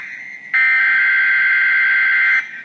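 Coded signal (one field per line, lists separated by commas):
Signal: Emergency Alert System (SAME) tones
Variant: header bursts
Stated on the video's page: Severe Thunderstorm Watch alert, first one carrying the new synthesized voice.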